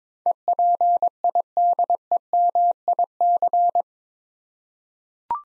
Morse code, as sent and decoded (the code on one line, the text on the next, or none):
. .--. .. -.. . -- .. -.-.
EPIDEMIC